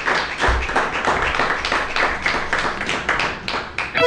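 An audience at a live concert applauds steadily for about four seconds: a dense, loud wash of many hands clapping, with individual sharp claps standing out through it and no voices on top.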